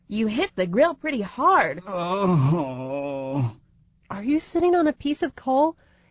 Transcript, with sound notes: You hit the grill pretty hard. [moans]
Are you sitting on a piece of coal?